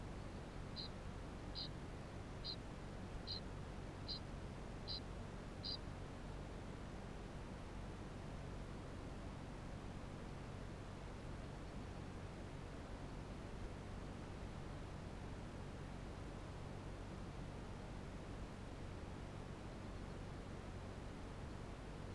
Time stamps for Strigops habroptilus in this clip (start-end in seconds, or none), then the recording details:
0.00-5.87. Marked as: faintness 3/5. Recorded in New Zealand. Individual Barnard